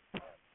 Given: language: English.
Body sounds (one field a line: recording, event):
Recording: throat vibration sensor signal played as sound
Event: cough